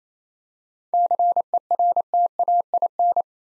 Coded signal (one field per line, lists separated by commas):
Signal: Morse code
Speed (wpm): 29 wpm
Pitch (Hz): 700 Hz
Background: none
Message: CERTAIN